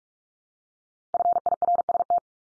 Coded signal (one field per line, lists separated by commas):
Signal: Morse code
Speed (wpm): 44 wpm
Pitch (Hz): 700 Hz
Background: none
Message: FIRST